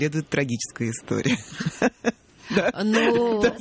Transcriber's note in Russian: Смеётся